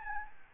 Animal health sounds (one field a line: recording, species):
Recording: mosquito wingbeat signal from an infrared sensor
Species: Aedes albopictus